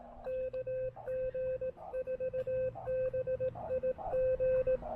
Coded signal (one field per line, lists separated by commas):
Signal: Morse code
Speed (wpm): 18 wpm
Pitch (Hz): 520 Hz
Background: radio noise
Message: KG4BIG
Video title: POTA: Reunited with the venerable Elecraft K1 at Hawk's Nest State Park!